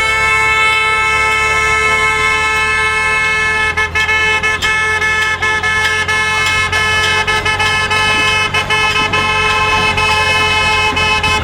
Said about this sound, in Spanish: Se escuchan las cacerolas, escuchemos.